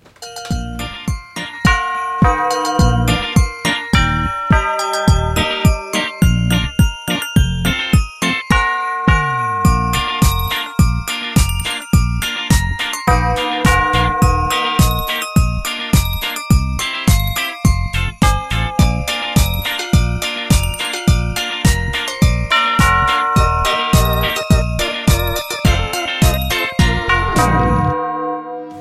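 Large sleigh bells, presented as Santa Claus's bells, jingle and ring in a steady, rhythmic stream of bright, repeated strikes, with ringing tones layered underneath, sustained for about half a minute with no voices.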